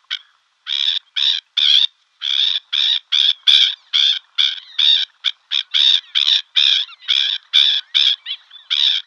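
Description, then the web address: Black-winged stilt giving loud, harsh nasal barks in a nearly continuous series, about two or three per second, with slight variation in spacing. "Schulze Peter Black-winged Stilt"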